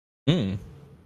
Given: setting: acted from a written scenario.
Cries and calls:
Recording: vocal sound without words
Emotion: desire

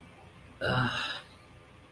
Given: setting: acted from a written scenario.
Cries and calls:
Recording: vocal sound without words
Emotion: embarrassment

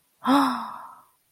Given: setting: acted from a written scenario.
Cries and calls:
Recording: vocal sound without words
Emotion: awe

